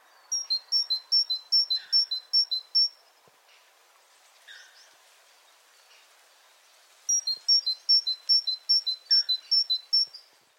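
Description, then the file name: Great tit repeating a bright two-note high-low phrase in a steady run, pausing with a few softer lower notes, then resuming the same rhythmic series. "Parus major"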